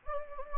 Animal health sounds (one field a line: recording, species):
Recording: mosquito wingbeat signal from an infrared sensor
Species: Anopheles gambiae